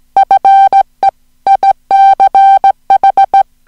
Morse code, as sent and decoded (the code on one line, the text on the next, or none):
..-. . / .. -.-. ....
FE ICH